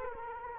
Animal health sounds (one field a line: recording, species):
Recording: mosquito wingbeat signal from an infrared sensor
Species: Culex quinquefasciatus